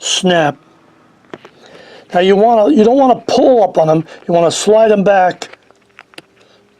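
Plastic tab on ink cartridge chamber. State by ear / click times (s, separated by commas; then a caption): released / 1.3 s. A small plastic tab at the front of the ink cartridge chamber of a Canon TS9520/TS9520C printer with a CIS ink system is pulled up and snaps at 1.3 s, releasing it. Someone talks before and after the snap, and a few faint ticks follow near the end.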